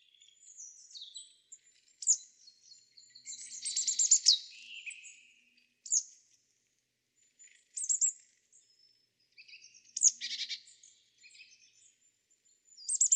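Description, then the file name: Marsh Tit calling: thin high notes mixed with sharp downslurred chips and several harsh, buzzy chattering bursts spread throughout. "Poecile palustris"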